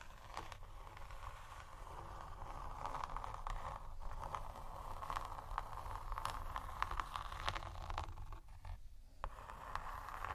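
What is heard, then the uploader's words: Slow, soft scratching with a deep, steady low rumble underneath and a grainy band in the middle range. Brief brighter scrapes and clicks come every second or so, and the texture thins out briefly around eight to nine seconds. Slow, Deep & Soft Scratching (No Talking).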